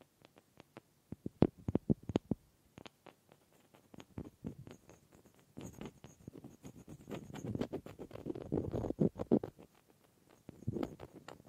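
Wood triggers: quick clicks and taps on wood with soft scraping rubs, busiest from about six to nine seconds, then a few scattered knocks.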